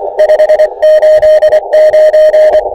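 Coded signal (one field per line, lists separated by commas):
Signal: Morse code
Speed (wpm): 24 wpm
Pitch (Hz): 620 Hz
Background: none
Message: 589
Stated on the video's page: Morse from a Summits On The Air first activation of a summit near Reserve, New Mexico.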